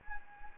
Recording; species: mosquito wingbeat signal from an infrared sensor; Anopheles gambiae